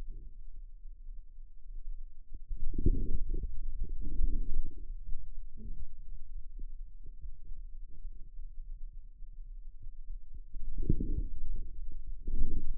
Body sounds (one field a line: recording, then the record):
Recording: forearm muscle sounds (acoustic myography)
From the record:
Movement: outward rotation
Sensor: system 2, bracelet of six BSWA MPA416 microphones around the upper forearm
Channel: 4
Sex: male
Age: 22 years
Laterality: right